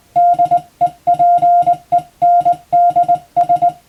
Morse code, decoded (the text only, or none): DEPENDS